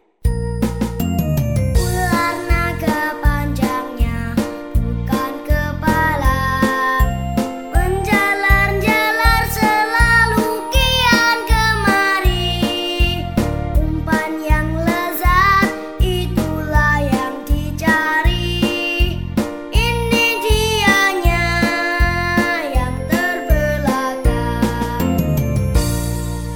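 The Indonesian children's game song 'Ular Naga' plays, played for children before they play the ular naga game, with a bright, upbeat bouncy steady beat, cheerful melody and chiming tinkly tones throughout, loud and continuous with no talking over it.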